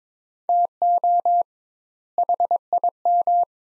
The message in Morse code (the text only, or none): TO HIM